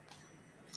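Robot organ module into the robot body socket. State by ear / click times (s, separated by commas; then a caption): seated / 0.8 s. A robot arm pushes an evolved robot's organ module, a sensor or wheel unit, down into its socket on the printed robot body. After a quiet, steady stretch, a sharp click sounds at 0.8 s as the module clips in and seats.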